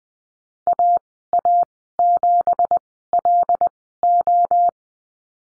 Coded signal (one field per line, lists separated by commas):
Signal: Morse code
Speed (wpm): 20 wpm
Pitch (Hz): 700 Hz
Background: none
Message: AA7LO